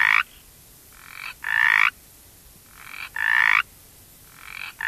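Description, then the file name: Mountain chorus frog giving short raspy trills, softer and louder bursts in pairs, repeated every second or two. "Pseudacris brachyphona - Mountain Chorus Frog"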